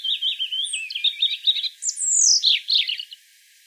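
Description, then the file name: European robin singing a quick stream of high, tinkling warbled notes, then a clear downslurred whistle and a short sparkling trill. "Erithacus rubecula"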